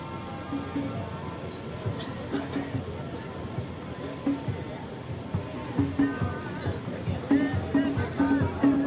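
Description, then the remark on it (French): A Zodiac motorboat runs up the Faroa River, lined with flowers, banana and mango trees, with a steady, rough engine drone over rushing water, faint tonal whines rising and falling as voices murmur indistinctly throughout. “elle possède la seule rivière qui soit navigable en bateau, la rivière Faroa, que nous avons montée en Zodiac, une rivière magnifique, bordée de ces fleurs de bourrao dont je vous parlais tout à l'heure, bordée de bananiers et de manguiers.”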